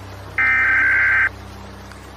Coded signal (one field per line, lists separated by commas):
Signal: Emergency Alert System (SAME) tones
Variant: header bursts